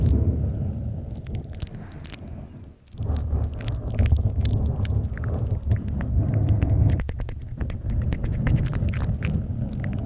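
Mouth sounds and tapping fill the clip, with wet clicks and quick taps scattered densely and irregularly throughout. A low rumbling scratch runs underneath nearly the whole time, dropping out briefly just before the three-second mark before picking up again.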